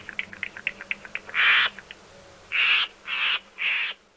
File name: Florida Scrub-Jay